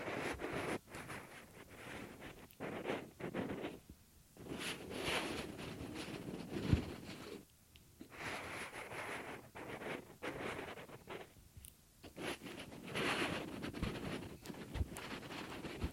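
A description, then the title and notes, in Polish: Ear cleaning: rough rubbing and scratching that comes in uneven bursts, with short quiet gaps around 4, 7.5 and 12 seconds. A dull low rumble runs underneath, and a sharp tap lands near 7 seconds. CZYSZCZENIA USZU ASMR po polsku.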